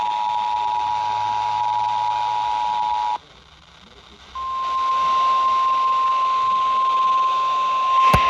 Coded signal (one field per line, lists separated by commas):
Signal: Emergency Alert System (SAME) tones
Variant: 853 and 960 Hz attention tone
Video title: You Want It? We Got It! EAS Alerts From July 15, 2022